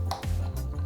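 A plastic diorama piece is fitted through an opening and connected into a diorama building, giving a sharp click at 0.1 s as it seats. A softer tap follows at about 0.2 s over a steady low hum.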